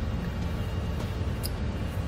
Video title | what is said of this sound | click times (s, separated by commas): etrailer - Trailer Wiring Harness Installation - 2016 Jeep Grand Cherokee | as we've slide our plug in we want to watch that tab to tip up and also we'll hear a little click then | 1.5 s